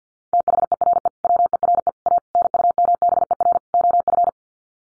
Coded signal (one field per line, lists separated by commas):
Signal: Morse code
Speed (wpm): 50 wpm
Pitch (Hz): 700 Hz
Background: none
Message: THERE WERE A NUMBER OF